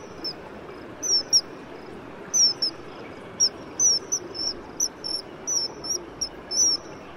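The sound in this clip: Common kingfisher uttering high, shrill piping whistles, brief and slightly descending, coming in irregular bursts, with a faint steady hiss beneath.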